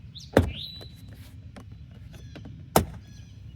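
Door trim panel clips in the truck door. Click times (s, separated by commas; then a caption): 0.4 s, 2.8 s. The door trim panel on a 2023 Nissan Titan truck is pulled down along its edge to remove the window sweep for tinting, replacement or cleaning. Sharp pops are heard as the panel's retaining clips come loose at 0.4 s and 2.8 s, with fainter clicks and rustling between them, and the clips are released.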